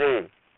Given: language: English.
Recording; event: throat vibration sensor signal played as sound; speech